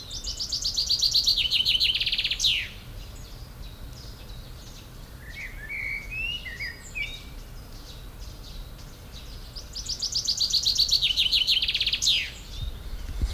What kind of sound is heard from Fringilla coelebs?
song